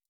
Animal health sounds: hydrophone in a shrimp aquaculture tank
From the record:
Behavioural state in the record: stressed

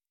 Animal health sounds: hydrophone in a shrimp aquaculture tank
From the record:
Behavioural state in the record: normal

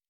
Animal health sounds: hydrophone in a shrimp aquaculture tank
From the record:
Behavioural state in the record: normal

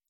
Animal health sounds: hydrophone in a shrimp aquaculture tank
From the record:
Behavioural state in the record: normal

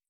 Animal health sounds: hydrophone in a shrimp aquaculture tank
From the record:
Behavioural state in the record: stressed

